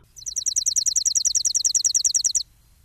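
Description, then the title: Chipping sparrow song: a dry, rapid trill of about two dozen identical high chips, steady in pitch and loudness, lasting just over two seconds before stopping. "The Chipping Sparrow"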